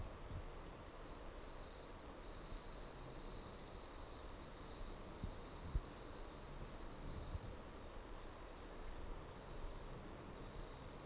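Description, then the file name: Hermogenes' flea-toad: brachycephalus hermogenesi toadlet calling: two pairs of very high, sharp clicking notes several seconds apart, over a steady high insect drone. Individual number 4 recorded on Trilha do Ipiranga; the first four notes of the call were lost. "MHNCI Brachy hermogenesi Trilha do Ipiranga ind 4 four starting notes lost"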